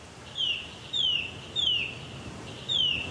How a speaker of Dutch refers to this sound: Een boomklever is niet de meest gevarieerde zanger en als je dit uren aan één hoort, dan kan je wel een beetje dol worden.